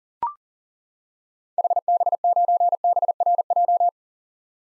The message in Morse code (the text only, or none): HB9BRJ